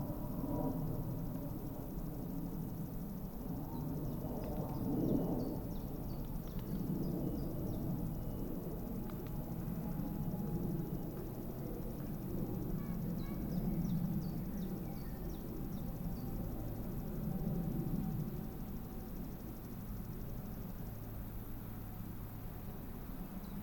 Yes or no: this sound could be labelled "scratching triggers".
no